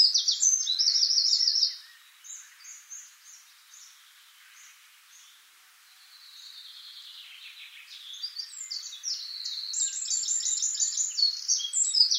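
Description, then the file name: Eurasian wren: a loud trilled burst, then soft scattered high notes, then a building stretch of rapid, shrill trills and twitters. "Troglodytes troglodytes"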